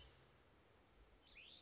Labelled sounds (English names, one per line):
Cassin's Vireo